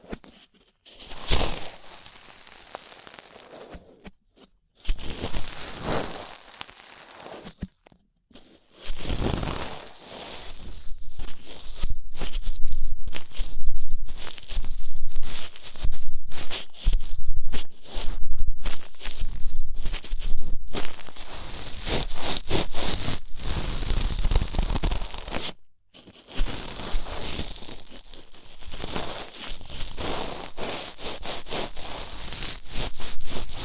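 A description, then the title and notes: ASMR ear treatment sounds: dense crackling, rustling and tearing noises, like material being scrunched and rubbed. Short bursts come in the first ten seconds with silent gaps, then a more continuous stretch of crisp scratching, broken by a brief pause near 26 seconds. ASMR Deep Ear Treatment for Sleep (No Talking).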